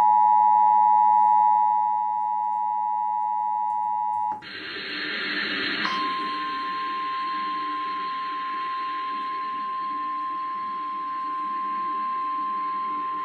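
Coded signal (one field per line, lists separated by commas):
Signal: Emergency Alert System (SAME) tones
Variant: 853 and 960 Hz attention tone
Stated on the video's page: Flood warning EAS alert carried on Spectrum Cable in Akron, Ohio, with the message cut off early.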